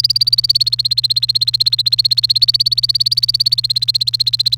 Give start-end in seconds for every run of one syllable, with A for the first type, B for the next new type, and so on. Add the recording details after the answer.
0.04-4.55 A. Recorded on 28 April 2018 at 13:49. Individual llb3